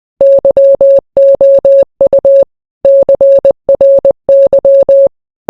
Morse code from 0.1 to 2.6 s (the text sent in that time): YOU